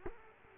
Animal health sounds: mosquito wingbeat signal from an infrared sensor; Culex quinquefasciatus

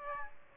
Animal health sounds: mosquito wingbeat signal from an infrared sensor; Aedes aegypti

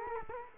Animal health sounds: mosquito wingbeat signal from an infrared sensor; Culex quinquefasciatus

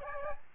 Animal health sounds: mosquito wingbeat signal from an infrared sensor; Aedes albopictus

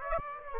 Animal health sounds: mosquito wingbeat signal from an infrared sensor; Aedes aegypti

